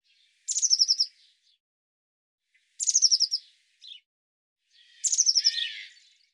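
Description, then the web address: Eurasian blue tit uttering three high, fast, falling trills about two seconds apart, the last blurring into a harsher, lower buzz. "cianscape birddata Deverinetal 2025 File cleaned normalized Bird Cy Ca"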